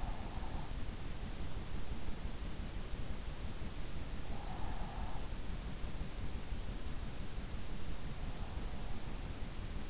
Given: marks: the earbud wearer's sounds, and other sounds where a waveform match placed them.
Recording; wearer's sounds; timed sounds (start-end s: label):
sounds in sleep by an in-ear microphone; breath
0.00-2.17 s: breath
4.23-5.49 s: breath